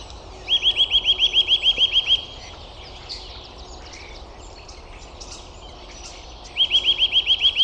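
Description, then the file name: Eurasian nuthatch calling with two fast, evenly spaced runs of piping notes, one at the start and one near the end, while soft high chirps from other birds fill the gaps. "Sitta europaea"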